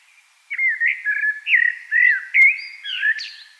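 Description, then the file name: Common blackbird song: a string of mellow, slurred whistles at a steady mid pitch, with a quick click and a high squeaky flourish near the end. "Turdus merula"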